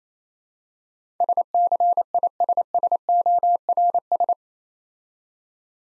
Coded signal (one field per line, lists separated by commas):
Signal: Morse code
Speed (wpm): 27 wpm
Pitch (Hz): 700 Hz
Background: none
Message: SCISSORS